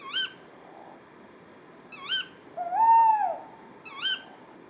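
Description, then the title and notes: Tawny owl gives three short, sharp kewick calls, with one drawn-out, arching hoot between them, over faint background hiss. A pair calling at 4:30 am on 20 February 2020 at Etang de Beaumont pond, Drôme; recorded in stereo with Nagra Seven and Telinga Pro7 parabola, with live commentary. "Une chouette nuit. 20 février 2020-4h30-Etang de Beaumont - Drôme. ECOUTEZ NATURE. un couple de Chouette hulotte (Strix aluco)"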